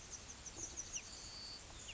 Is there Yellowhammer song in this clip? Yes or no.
yes